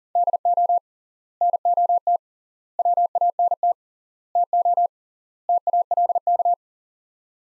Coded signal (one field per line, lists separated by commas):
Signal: Morse code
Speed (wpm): 40 wpm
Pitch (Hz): 700 Hz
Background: none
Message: DO NOT WANT TO TALK